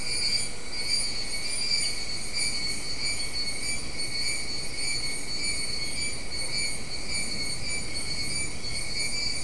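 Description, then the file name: Insect chorus of continuous high, shimmering buzzes layered in several bands, nearly unbroken throughout, over a low steady rumble. "mainly insect"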